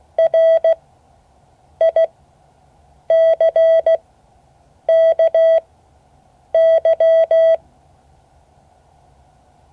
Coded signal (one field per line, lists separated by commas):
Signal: Morse code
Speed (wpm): 16 wpm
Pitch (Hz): 650 Hz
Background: none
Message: RICKY